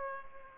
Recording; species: mosquito wingbeat signal from an infrared sensor; Culex pipiens